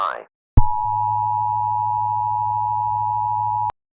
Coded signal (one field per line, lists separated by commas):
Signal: Emergency Alert System (SAME) tones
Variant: 853 and 960 Hz attention tone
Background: speech